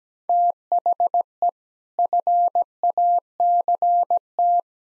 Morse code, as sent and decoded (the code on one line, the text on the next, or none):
- .... . / ..-. .- -.-. -
THE FACT